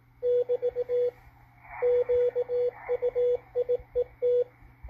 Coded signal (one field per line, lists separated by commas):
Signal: Morse code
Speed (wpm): 19 wpm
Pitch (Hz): 490 Hz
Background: radio noise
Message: <BT> QUIET